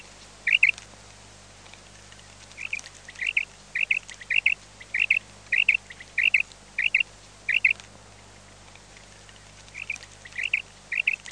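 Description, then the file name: Common quail uttering a single call, then a steady series of about nine rapid liquid phrases, a gap, and three more phrases at the end. "QUAGLIA"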